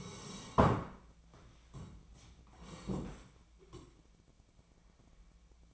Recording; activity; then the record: daily activity, microphone in the room; sit down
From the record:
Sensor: 1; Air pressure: 1012.3 hPa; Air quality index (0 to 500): 174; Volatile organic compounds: 3 ppm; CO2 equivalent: 1430 ppm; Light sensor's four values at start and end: 46/124/51/63 and 45/123/50/61